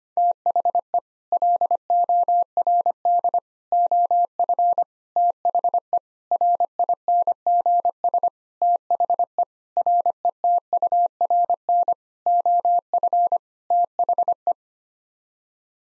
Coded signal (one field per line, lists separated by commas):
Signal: Morse code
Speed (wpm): 25 wpm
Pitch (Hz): 700 Hz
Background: none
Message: THE LORD OF THE RINGS THE RETURN OF THE